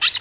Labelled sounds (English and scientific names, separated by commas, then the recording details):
Brown-throated Parakeet (Eupsittula pertinax) contact call
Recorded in Venezuela
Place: Guárico; Corozopando; Fundo La Fe
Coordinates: 8.506, -67.593